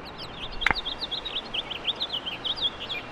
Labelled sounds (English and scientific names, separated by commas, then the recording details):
House Finch (Haemorhous mexicanus) song
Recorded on Long Island, New York, on 6 June 2011
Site FL
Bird A